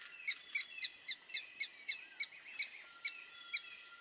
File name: Canto do pica pau avermelhado